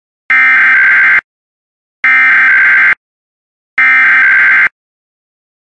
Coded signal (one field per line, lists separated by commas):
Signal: Emergency Alert System (SAME) tones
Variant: header bursts